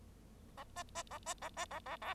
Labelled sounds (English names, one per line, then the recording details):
Bengalese Finch song
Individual Bird0